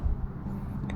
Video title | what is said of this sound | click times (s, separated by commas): 2258100A Fuse Connector Spanner Wrench | Until you hear click. And now this will be complete finished. | 0.9 s